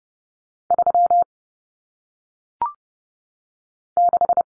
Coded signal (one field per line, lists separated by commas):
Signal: Morse code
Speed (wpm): 30 wpm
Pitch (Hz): 700 Hz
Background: none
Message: 3 6